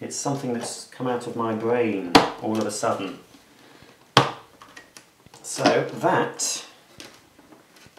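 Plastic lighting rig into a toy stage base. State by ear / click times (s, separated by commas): seated / 7.0 s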